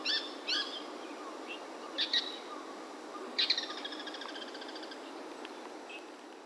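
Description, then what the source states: Bird calls: a few short high chirps, then a rapid chattering series from about three and a half to five seconds, with quiet gaps between and steady background hiss. Wild bird, 18 October 2019, Kitamoto.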